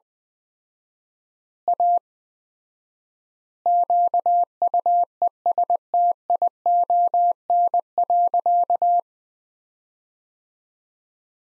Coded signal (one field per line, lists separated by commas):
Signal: Morse code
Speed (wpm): 19 wpm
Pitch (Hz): 700 Hz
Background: none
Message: A QUESTION.